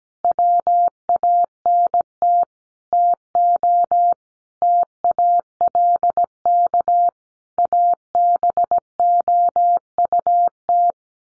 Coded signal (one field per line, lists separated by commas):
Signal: Morse code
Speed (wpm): 17 wpm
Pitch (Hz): 700 Hz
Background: none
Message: WANT TO TALK ABOUT